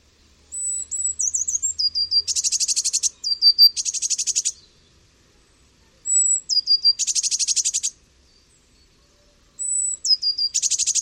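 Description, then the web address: Eurasian blue tit repeating a pattern of thin high descending notes followed by a harsh, rapid churring buzz, four times, mostly with quiet pauses between. "cianscape. Deverinetal"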